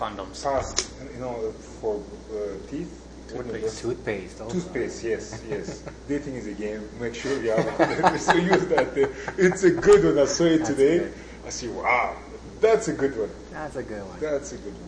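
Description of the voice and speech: Casual conversational speech from an adult man, with occasional stretched sounds on 'for' and 'n', a quick repeated 'yes, yes', and a brief catch before 'that's a good one'. These fit mild stuttering in otherwise fairly fluent talk, with other voices and light laughter.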